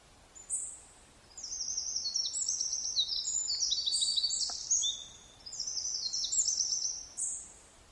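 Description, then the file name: Eurasian wren song: two long, rapid bursts of very high, rattling trills, separated by a brief pause, the first preceded by a sharp note. "Troglodytes troglodytes"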